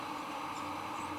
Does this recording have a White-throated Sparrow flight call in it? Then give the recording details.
no. No flight call is heard. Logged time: 10:45 on 23 September 2014